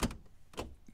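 After new gas struts are fitted, the hatchback release button is pressed to test them, and the hatchback latch clicks open from its striker on the car body at 0.0 s. A softer knock follows at 0.1 s and another thud at 0.6 s, but the hatch does not rise on its own.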